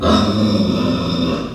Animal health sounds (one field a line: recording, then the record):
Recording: squeal of a Yucatan mini pig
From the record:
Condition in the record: after surgery on the right vocal fold (resection and tissue-engineered implant)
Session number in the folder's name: 12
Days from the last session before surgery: 105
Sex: female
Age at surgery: 19 weeks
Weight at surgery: 25 kg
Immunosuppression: prednisolone